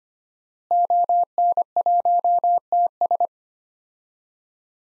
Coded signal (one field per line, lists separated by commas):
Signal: Morse code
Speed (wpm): 25 wpm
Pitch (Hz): 700 Hz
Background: none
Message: ON1TS